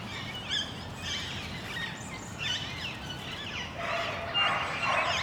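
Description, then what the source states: Parakeet squawks, a few harsh bent notes at first, then a burst of dense, noisy screeching toward the end over low rumble. Parakeets in Parc Duden, Forest, Brussels, Belgium, recorded just before nightfall with Zoom MicTrak M4 internal XY microphones.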